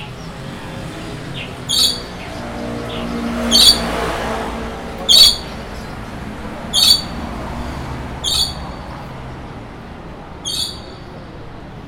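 Bird calls at an urban bird market ring out as sharp, bright squawks every one and a half seconds or so, six in all, the last one fainter. Beneath them runs a steady low city hum with a soft wash of murmur.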